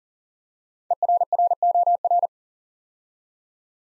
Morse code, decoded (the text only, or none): ERROR